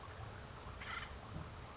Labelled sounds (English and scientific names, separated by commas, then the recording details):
Acorn Woodpecker (Melanerpes formicivorus)
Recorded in Sonoma County, California